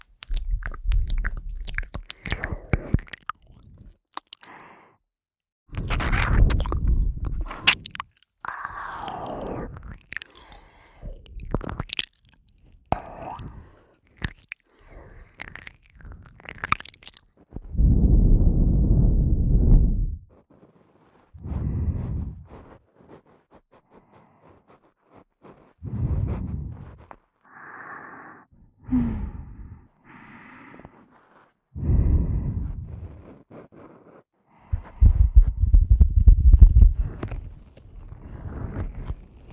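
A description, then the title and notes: Close, intimate mouth and breathy sounds by the ear, with soft chewing-like clicks early on and slow, heavy breaths coming in bursts later. ASMR Ear Breathy Triggers.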